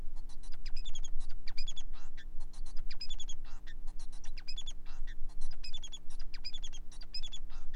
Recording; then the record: song of a male Bengalese finch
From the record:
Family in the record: son of father 4